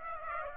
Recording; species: mosquito wingbeat signal from an infrared sensor; Aedes aegypti